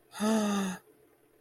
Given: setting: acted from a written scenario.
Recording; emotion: vocal sound without words; elation